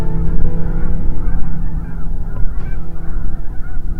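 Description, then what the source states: Goose: geese honking in chorus, overlapping short calls rising and falling in loudness, with low rumbling noise and a steady drone. Large flock of white birds resting on the lake at Goose Lake, Saskatchewan, Canada, first mistaken from afar for reflections on the water.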